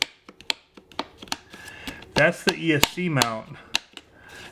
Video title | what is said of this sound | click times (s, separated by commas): Team Corally Kronos XTR w/ Mamba Monster x, Holmes Puller Pro & KST Servo - Unboxing & First Run. | just noticed that it just snapped down so this is the uh you can hear it click | 0.0 s, 0.5 s